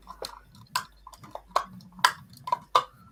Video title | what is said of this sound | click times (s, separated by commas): Build the EDDIE STOBART TRUCK by HACHETTE # 72 | We had a satisfying click there. | 2.8 s